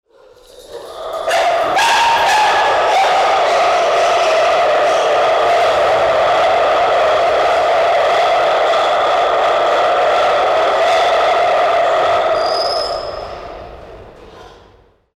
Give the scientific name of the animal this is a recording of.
Colobus guereza